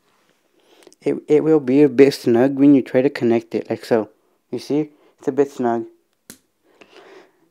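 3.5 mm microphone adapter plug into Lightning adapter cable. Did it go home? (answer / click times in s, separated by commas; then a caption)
yes / 6.3 s. A snug-fitting 3.5 mm microphone adapter plug is pushed into the end of a Lightning adapter cable while someone talks. A sharp click at 6.3 s shows the plug has seated, and a missing click would mean the adapter might be broken.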